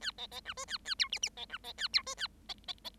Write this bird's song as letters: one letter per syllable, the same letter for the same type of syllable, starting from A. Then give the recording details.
A B B C D A A E F F B C B A E D A B B B. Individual Bird7